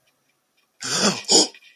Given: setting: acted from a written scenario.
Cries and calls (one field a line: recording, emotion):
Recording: vocal sound without words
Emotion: negative surprise